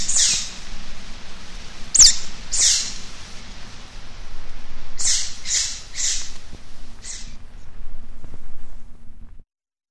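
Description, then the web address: Eurasian otter giving short, shrill squeaking calls, a cluster of three near the start and four more midway, over a steady low hum. "european otter"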